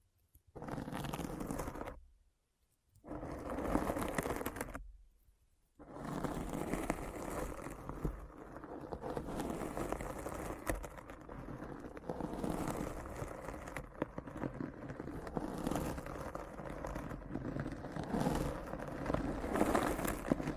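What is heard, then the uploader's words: A deep, scratchy wall of gritty noise, thick in the low and middle range with a rough, grinding grain. It cuts out abruptly into silence twice early on, around two and five seconds, then runs dense and unbroken to the end. ASMR Deep Brain Scratch (No Talking).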